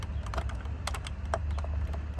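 A mechanic plugs a twisted gauge jumper-cable connector into the socket on the back of a Freightliner Cascadia truck dash gauge, and only a few light plastic taps and rattles are heard over a low steady hum. The connector has not clicked, even though it looks inserted.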